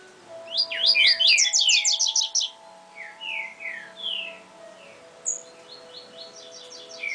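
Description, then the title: Double-collared seedeater song: a long fast jangling trill, followed by spaced slurred whistles and a softer run of quick chips, over a steady low hum. "Canto Coleiro"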